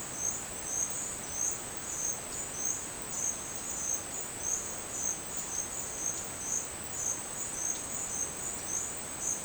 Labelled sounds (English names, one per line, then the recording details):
none
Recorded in dense forest near Puerto Asís, Putumayo, Colombia, on 29 June 2025 at 09:30
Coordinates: 0.484, -76.317
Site G045